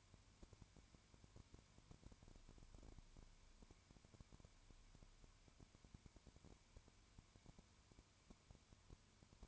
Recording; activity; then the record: daily activity, microphone in the room; no activity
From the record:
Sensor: 2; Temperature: 19.9 degrees Celsius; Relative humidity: 32.2%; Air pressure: 1001.1 hPa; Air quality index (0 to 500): 54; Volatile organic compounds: 1 ppm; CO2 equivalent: 601 ppm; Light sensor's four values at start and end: 2/3/2/2 and 2/3/2/2